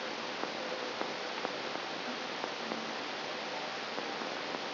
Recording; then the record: brain microelectrode recording played as sound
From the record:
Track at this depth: inside the subthalamic nucleus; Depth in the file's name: 0.757 mm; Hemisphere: right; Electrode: 3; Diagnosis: Parkinson's disease